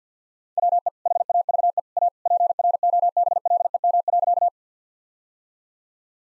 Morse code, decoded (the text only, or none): WE HAVE A PROBLEM.